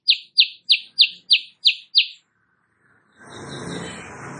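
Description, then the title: Sooty-headed bulbul song: seven sharp, evenly spaced chirps, followed by a burst of broad rustling noise. Kutilang Sutra type; singing actively (gacor) in the morning; tutor recording (masteran) for training songbirds, said to make rival birds answer. "Masteran Kutilang Sutra. Kutilang Sutra GACOR pagi hari bikin lawannya AUTO NYAUT"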